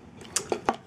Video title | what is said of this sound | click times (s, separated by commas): TF Review 051 - Beast Wars Optimus Primal (TRU) | a chest plate and just kind of snaps into place there | 0.4 s